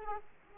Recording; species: mosquito wingbeat signal from an infrared sensor; Aedes aegypti